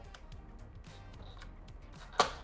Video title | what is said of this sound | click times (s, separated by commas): "Mổ Bụng"Siêu Loa Cột Karaoke Column Array “Đức” SE Audiotechnik M-A8 1600W: Sau 6 Năm Sử Dụng | đó bạn nghe tiếng tạch tạch thì các bạn biết không đó xả ốc ra mà nó nghe như vậy | 2.2 s